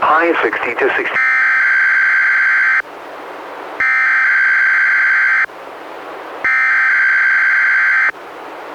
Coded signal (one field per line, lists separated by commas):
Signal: Emergency Alert System (SAME) tones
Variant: header bursts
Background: speech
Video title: EAS #106-108: 3 NWR Required Weekly Tests- Apr. 20-May 4, 2016